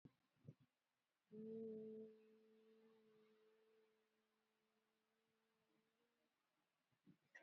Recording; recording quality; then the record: sustained vowel as in boot; excellent, no background noise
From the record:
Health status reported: COVID-19 positive, moderate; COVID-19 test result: positive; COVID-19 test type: RT-PCR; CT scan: not taken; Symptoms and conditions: cough, fever, muscle pain, loss of smell and taste, hypertension, diabetes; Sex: female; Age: 54 years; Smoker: no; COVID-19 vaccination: both doses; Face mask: worn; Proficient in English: yes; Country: India